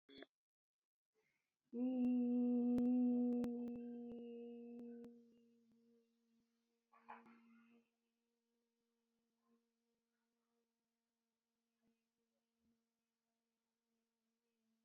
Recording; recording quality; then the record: sustained vowel as in beet; excellent, no background noise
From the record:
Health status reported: exposed to COVID-19, no respiratory illness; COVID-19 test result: not tested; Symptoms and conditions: cough, muscle pain, loss of smell and taste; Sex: female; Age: 27 years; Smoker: not ticked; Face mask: not worn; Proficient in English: yes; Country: India